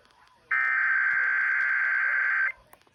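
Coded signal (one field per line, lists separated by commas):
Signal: Emergency Alert System (SAME) tones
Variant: header bursts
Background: speech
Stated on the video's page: Child abduction alert carried on FM radio stations.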